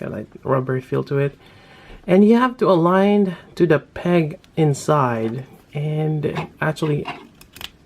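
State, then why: Partly seated. A plastic display stand arm's peg is pushed into the back waist port of a Figma Kirito ALO Ver action figure, a separate rubbery piece that has to line up with an inner peg. Someone talks throughout, then small sharp clicks come near the end, with the loudest at 7.6 s. The peg only partly goes in and is not fully seated in the waist port.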